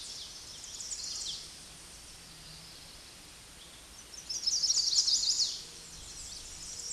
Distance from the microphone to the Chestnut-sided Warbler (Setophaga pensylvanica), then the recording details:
about 10 m. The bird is about 5 m below the microphone. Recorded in a Pennsylvania forest on 16 May 2024 at 08:36. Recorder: AudioMoth, point MSD-1360. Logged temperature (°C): 14.8 °C. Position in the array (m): 169 m, 192 m